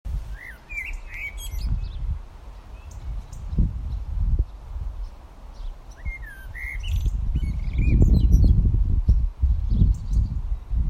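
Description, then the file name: Eurasian blackbird giving short whistled notes, some rising and some falling, in two loose bursts, with gusts of low rumbling noise. "Turdus merula"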